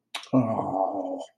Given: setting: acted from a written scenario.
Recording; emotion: vocal sound without words; disappointment